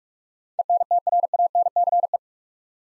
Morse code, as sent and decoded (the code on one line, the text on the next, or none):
. -. - .-. .- -. -.-. .
ENTRANCE